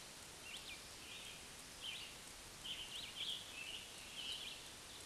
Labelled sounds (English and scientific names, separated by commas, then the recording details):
Scarlet Tanager (Piranga olivacea) song
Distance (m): 75 m
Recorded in a Pennsylvania forest on 1 June 2023 at 08:08
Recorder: AudioMoth, point grid3_38_high
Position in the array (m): 165 m, 140 m